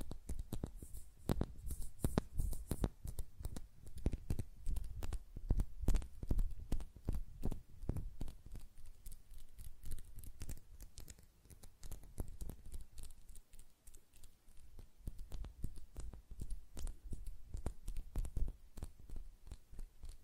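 Fingers tap and flutter against nails, making dense, rapid clicks with soft low thumps underneath. The tapping is busiest in the first eight seconds, then thins and quiets through the middle before picking up again toward the end.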